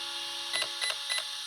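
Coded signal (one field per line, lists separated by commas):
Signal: beep code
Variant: Arrma ESC calibration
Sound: three short high beeps about 0.3 s apart, each with faint clicks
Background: steady electrical hum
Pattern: 3 short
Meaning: Final calibration step done; brake/reverse position stored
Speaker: That's the final time. Then you hear like 3 beeps.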